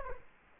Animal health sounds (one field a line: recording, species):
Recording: mosquito wingbeat signal from an infrared sensor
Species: Culex quinquefasciatus